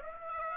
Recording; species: mosquito wingbeat signal from an infrared sensor; Aedes aegypti